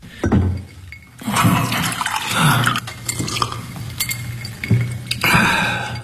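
Glass clinks a few times against something hard while water pours and sloshes as a judge in a courtroom gets a drink of water, with sharp bright taps scattered over a steady liquid wash and no voices.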